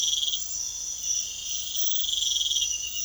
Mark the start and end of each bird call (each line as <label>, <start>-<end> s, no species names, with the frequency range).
bird call (0.5-1.6 kHz), 0.44-0.96 s